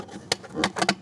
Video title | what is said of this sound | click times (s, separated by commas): EPISODE 24: INSTALLING COLORMAGIC INSERTS | and snaps into place all right guys that was pretty easy if i can do it so can you | 0.3 s